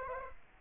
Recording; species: mosquito wingbeat signal from an infrared sensor; Aedes aegypti